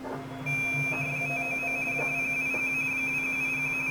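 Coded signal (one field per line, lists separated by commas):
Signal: RTTY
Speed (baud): 45.45 baud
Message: 599 2181 2181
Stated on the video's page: CQ World Wide RTTY contest, search and pounce at 100 watts under poor solar conditions; also a summit activation contact.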